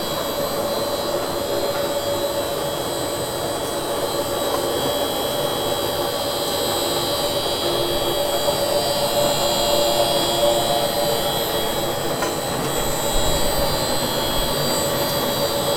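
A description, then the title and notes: Machines run in a steady, unbroken drone, with a dense low rumble and a thin layer of high whining tones held constant over it. The level stays even throughout, continuous, with only a faint click near the twelve-second mark. Factory. Qingdao is a developed and industrial city. The sound of the machines. All recordings, text, and photos by Liu SiYuan.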